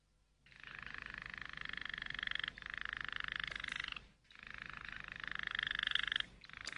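Canary song: a fast, buzzy rolling trill of rapidly repeated notes, running steadily for over three seconds, a brief break, then another long roll.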